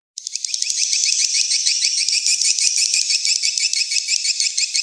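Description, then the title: Swiftlet calls as a fast, even rattle of high clicking chirps, several a second, starting abruptly and keeping the same pace throughout. Swiftlet house lure sound used to attract swiftlets, from Tien Giang, Vietnam. "Am thanh nha yen Akau Vietnam - Tien giang"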